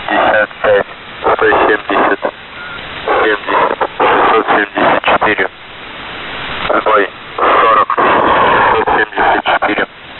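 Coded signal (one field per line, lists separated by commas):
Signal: coded military voice message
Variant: The Pip, Russian voice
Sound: a male voice reading a radiogram over noisy shortwave, in clipped syllables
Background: radio static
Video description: "The Pip" is a Russian military radiostation that broadcasts on 5448 kHz at daytime and 3756 kHz at nighttime.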